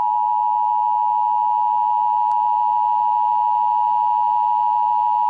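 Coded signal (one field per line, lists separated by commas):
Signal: Emergency Alert System (SAME) tones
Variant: 853 and 960 Hz attention tone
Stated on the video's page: Fictional EAS scenario deliberately using invalid tones.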